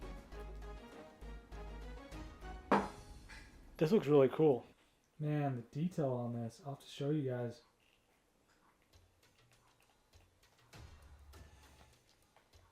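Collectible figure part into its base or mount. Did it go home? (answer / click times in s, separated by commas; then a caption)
no / none. A plastic part of a collectible figure is being handled and fitted toward its base or mount while someone talks over faint background music, with soft handling noises toward the end. Nothing has seated or clicked into place yet.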